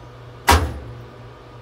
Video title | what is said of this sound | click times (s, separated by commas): Fire suppression certified inspector for food trucks ( Restaurant grade commercial Fire Ext. ) | shoot down and you're gonna listen for down there you're gonna hear it pop and that shuts off your propane | 0.5 s